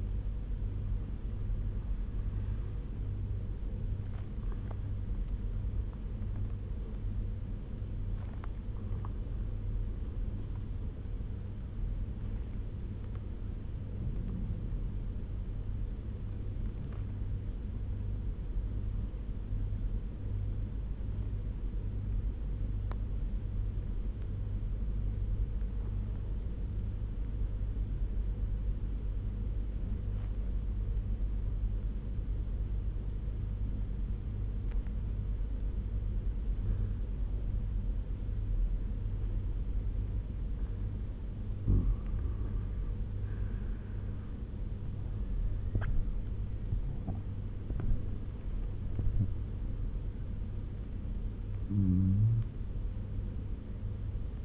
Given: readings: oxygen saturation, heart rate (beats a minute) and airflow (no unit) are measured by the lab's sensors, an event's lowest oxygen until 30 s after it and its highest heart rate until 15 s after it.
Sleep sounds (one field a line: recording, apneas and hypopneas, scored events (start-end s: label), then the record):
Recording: breathing in sleep by a smartphone at the bedside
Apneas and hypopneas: 1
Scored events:
3.00-41.30 s: obstructive apnea (N1, oxygen 97% highest, then 91% lowest)
19.00-49.00 s: new sleep stage, N2 (light sleep)
49.00-54.45 s: new sleep stage, N1 (lightest sleep)
From the record:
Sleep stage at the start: N1 (lightest sleep)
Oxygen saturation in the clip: 91 to 97%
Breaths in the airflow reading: 3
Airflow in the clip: -9.9 to 11.2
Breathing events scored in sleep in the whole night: 201 in 6.5 hours asleep